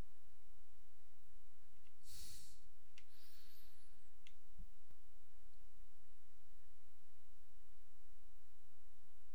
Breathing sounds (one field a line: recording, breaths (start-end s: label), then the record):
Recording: nose breathing near a microphone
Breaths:
1.78-2.93 s: exhalation
2.93-4.08 s: inhalation
From the record:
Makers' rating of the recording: medium